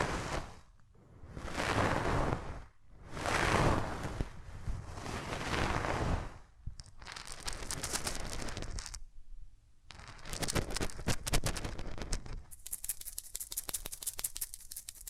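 Hands rub close up over the ears with no talking. For the first six seconds the rubbing comes in slow, full whooshing swells, then it turns into dense, crackly scratching and rustling, broken by a brief near-silent gap around nine seconds.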